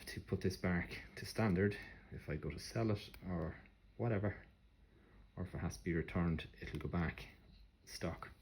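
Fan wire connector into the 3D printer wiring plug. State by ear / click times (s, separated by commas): not seated / none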